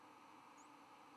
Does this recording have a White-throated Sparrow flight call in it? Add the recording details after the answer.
no. Another species' flight call is heard. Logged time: 07:08 on 11 November 2014